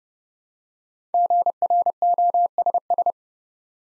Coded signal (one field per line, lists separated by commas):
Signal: Morse code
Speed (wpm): 30 wpm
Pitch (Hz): 700 Hz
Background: none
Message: GROSS